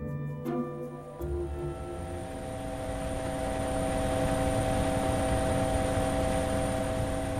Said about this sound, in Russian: Вертолет поднял в воздух облако пыли и опустился на территории, по всей видимости, некоего военного объекта, расположенного в Нью-Мексико.